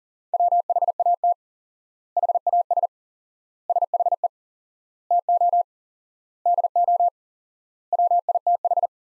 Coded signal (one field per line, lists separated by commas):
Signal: Morse code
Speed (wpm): 40 wpm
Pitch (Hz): 700 Hz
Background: none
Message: WHAT HAS SHE TO DO WITH